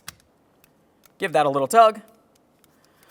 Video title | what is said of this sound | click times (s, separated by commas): How to Replace Rear Window Motor & Regulator Assemblies 2002-2009 Chevrolet Trailblazer | now it's time for the window switch you know what to do press it in listen for a click | 0.1 s